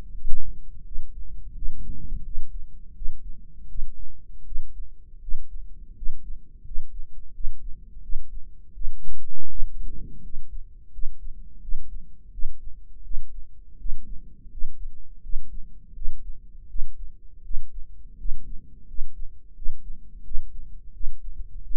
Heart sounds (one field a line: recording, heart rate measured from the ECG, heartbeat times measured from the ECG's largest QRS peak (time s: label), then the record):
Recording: heart sounds by microphone in the right ear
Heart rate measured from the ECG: 84 bpm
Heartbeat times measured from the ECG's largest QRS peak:
0.13 s: heartbeat
0.84 s: heartbeat
1.54 s: heartbeat
2.23 s: heartbeat
2.94 s: heartbeat
3.67 s: heartbeat
4.44 s: heartbeat
5.20 s: heartbeat
5.94 s: heartbeat
6.63 s: heartbeat
7.32 s: heartbeat
8.01 s: heartbeat
8.73 s: heartbeat
9.48 s: heartbeat
10.22 s: heartbeat
10.91 s: heartbeat
11.60 s: heartbeat
12.31 s: heartbeat
13.02 s: heartbeat
13.77 s: heartbeat
14.49 s: heartbeat
15.21 s: heartbeat
15.93 s: heartbeat
16.67 s: heartbeat
17.42 s: heartbeat
18.17 s: heartbeat
18.86 s: heartbeat
19.54 s: heartbeat
20.23 s: heartbeat
20.92 s: heartbeat
21.62 s: heartbeat
From the record:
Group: healthy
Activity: rest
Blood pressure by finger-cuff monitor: 142/98 mmHg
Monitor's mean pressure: 110 mmHg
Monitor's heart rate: 85 bpm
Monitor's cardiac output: 7.3 L/min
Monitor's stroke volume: 86 mL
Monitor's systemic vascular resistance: 1120 dyn s/cm5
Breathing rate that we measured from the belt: 14 breaths a minute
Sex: male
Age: 23 years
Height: 179 cm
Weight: 87 kg